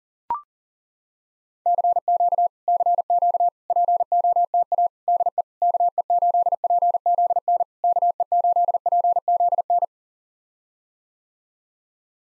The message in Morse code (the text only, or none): CQ CQ POTA DE KE8PZN KE8PZN